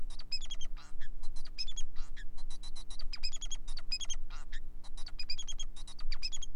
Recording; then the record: song of a male Bengalese finch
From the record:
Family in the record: son of father 4